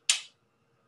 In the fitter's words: so the back of the hand like so and then these paddles can kind of hear them click into place